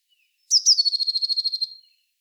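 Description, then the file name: Eurasian blue tit: one rapid, buzzy churr of over a dozen evenly spaced pulses, starting with sharp high notes and tailing off after a second. "Cyanistes caeruleus"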